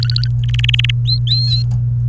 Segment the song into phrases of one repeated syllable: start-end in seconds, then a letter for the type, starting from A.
0.03-0.27 A, 0.44-0.91 B, 1.05-1.62 C